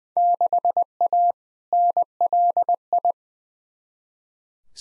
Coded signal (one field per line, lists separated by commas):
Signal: Morse code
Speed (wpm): 20 wpm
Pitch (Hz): 700 Hz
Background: none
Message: 6A NLI